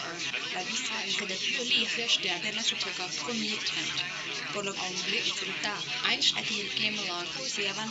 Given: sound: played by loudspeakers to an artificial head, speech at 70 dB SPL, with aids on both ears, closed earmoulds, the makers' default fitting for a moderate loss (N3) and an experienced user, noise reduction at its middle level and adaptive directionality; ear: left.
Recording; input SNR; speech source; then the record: speech test signal (ISTS) in cocktail-party noise; +3 dB; in front (0 degrees)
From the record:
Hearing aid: class 1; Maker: A